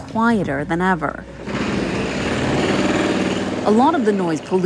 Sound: soundbite of jackhammers drilling

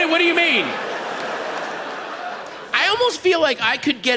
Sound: laughter

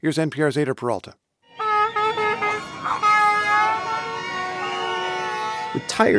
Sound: soundbite of horns honking

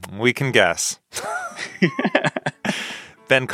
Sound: laughter

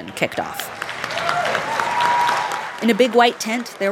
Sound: applause

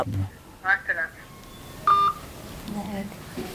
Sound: non-English language spoken; soundbite of telephone beeping

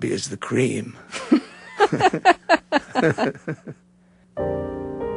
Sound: soundbite of laughter

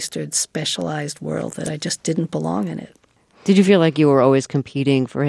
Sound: none

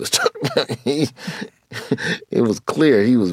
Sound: laughter

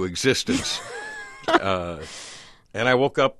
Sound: laughing

